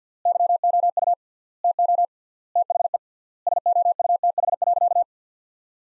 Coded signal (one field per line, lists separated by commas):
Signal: Morse code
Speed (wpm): 46 wpm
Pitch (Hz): 700 Hz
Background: none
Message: YOU TO THE SOUTH.